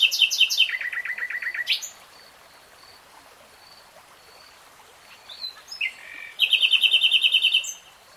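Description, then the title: Nightingale delivering a loud, rapid chattering phrase that drops into a dense trill, a pause with faint high notes, then a bright fast repeated-note phrase. Real-time recording, three hours long. "[Tiếng chim hót] Nightingale Singing"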